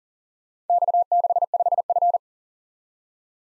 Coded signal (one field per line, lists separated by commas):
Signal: Morse code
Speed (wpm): 39 wpm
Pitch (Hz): 700 Hz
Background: none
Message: X65F